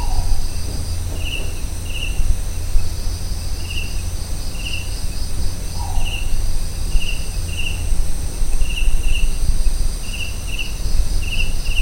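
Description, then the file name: Collared scops owl giving short, soft downward-slurred hoots about six seconds apart, over a steady background of pulsing, buzzy insect chirps and high insect whine. Recorded at Kaziranga. "collared scops owl Otus lettia, Kaziranga"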